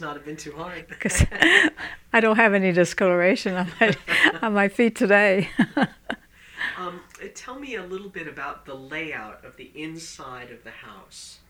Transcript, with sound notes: It must not have been too hard.
I don't have any discoloration on my feet today. ( they laugh )
Tell me a little bit about the layout of the inside of the house.